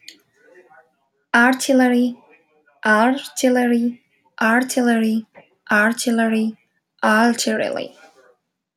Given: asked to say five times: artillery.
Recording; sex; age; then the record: repeated word; female; 20 to 29 years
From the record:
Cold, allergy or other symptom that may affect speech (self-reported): no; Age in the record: 28 years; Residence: Massachusetts, United States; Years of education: 17